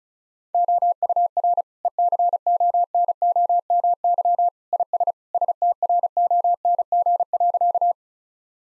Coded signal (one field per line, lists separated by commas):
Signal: Morse code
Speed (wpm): 36 wpm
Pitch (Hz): 700 Hz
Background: none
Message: OUR ECONOMY IS STRONG.